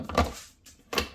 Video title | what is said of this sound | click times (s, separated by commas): Ninja Creami Pear Sorbet Recipe (with canned pear in syrup) | And you want to hear that click. | 0.2 s, 1.0 s